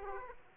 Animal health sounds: mosquito wingbeat signal from an infrared sensor; Aedes aegypti

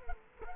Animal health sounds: mosquito wingbeat signal from an infrared sensor; Culex quinquefasciatus

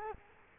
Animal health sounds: mosquito wingbeat signal from an infrared sensor; Culex quinquefasciatus

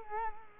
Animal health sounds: mosquito wingbeat signal from an infrared sensor; Culex quinquefasciatus

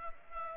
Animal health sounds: mosquito wingbeat signal from an infrared sensor; Culex pipiens

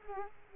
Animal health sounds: mosquito wingbeat signal from an infrared sensor; Culex quinquefasciatus

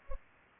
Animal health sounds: mosquito wingbeat signal from an infrared sensor; Culex pipiens

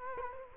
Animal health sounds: mosquito wingbeat signal from an infrared sensor; Culex quinquefasciatus

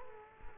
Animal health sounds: mosquito wingbeat signal from an infrared sensor; Culex quinquefasciatus

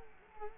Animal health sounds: mosquito wingbeat signal from an infrared sensor; Culex quinquefasciatus

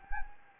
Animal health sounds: mosquito wingbeat signal from an infrared sensor; Anopheles gambiae

